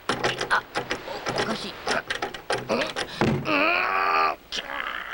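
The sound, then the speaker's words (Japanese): A door is unlocked and opened: a run of quick metallic clicks and rattles from a universal master key working the lock, then a long, rising creak as the door swings open. “開いたぞ。”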